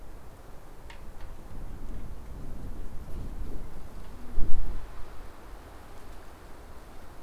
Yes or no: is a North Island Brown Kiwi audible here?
no